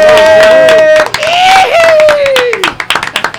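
A crowd claps steadily, rapid overlapping hand claps throughout, while a loud sustained whistle or cheer rises and falls above them before the clapping thins into a few scattered claps.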